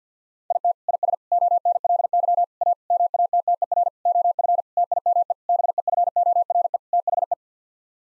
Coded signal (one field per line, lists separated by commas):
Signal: Morse code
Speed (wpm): 50 wpm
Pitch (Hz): 700 Hz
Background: none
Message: IT IS ONLY A MATTER OF TIME BEFORE THE